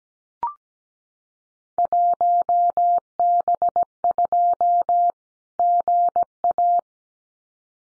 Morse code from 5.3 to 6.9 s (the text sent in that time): GA